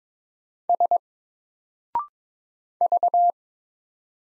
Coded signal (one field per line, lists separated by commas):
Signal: Morse code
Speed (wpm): 22 wpm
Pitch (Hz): 700 Hz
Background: none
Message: S V